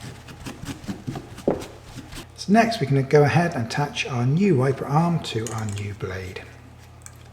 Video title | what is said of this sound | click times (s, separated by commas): How to Replace Rear Wiper Arm - Grand Caravan (2008-2020) and Town & Country | should snap into place like that | 7.1 s